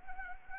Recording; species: mosquito wingbeat signal from an infrared sensor; Anopheles arabiensis